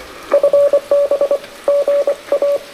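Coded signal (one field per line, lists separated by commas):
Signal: Morse code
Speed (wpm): 25 wpm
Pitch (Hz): 590 Hz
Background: radio noise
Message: FB GA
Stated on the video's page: QRP Parks on the Air activation on a rainy day, sent with a Vibroplex Original Deluxe bug on an Elecraft K2 into an AX3 antenna.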